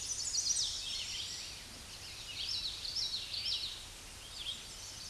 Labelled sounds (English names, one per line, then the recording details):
Common Yellowthroat song
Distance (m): 20 m
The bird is about 5 m below the microphone
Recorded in a Pennsylvania forest on 16 May 2024 at 07:11
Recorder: AudioMoth, point MSD-2107
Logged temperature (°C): 16.1 °C
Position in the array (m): 38 m, 147 m